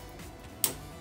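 A push-on (snap-on) connector is pressed onto the end of an armored MC (metal-clad) electrical cable. It gives a single sharp, bright click at 0.6 s over a quiet background, and the connector seats.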